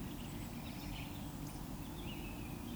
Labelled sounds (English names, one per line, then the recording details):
Eurasian Woodcock whistle
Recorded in Baden-Württemberg, Germany, on 22 June 2020 at 19:47 UTC
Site 43286, 227 m above sea level